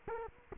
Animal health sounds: mosquito wingbeat signal from an infrared sensor; Culex quinquefasciatus

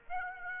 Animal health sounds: mosquito wingbeat signal from an infrared sensor; Aedes aegypti

